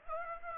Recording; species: mosquito wingbeat signal from an infrared sensor; Aedes aegypti